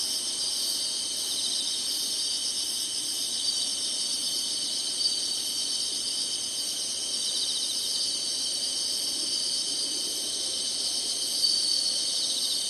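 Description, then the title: Insects keep up a steady high-pitched chorus. Summer. "SINGING INSECTS SUMMER"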